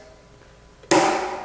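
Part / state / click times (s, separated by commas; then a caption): lid safety lock on a honey extractor / released / 0.9 s. On a 21-frame honey extractor, the unlock button on the control panel is pushed and held for five seconds to release the lid safety lock on the plastic cover. After a low, quiet background, a single sharp click sounds at 0.9 s and rings on with a bright, slowly fading tail. The lid lock releases so the cover can open.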